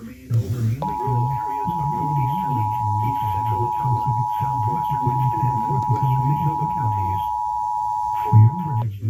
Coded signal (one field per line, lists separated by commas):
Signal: Emergency Alert System (SAME) tones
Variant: 853 and 960 Hz attention tone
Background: speech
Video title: My second compilation! (EAS alerts from 10/5/2021 (EAS #34-40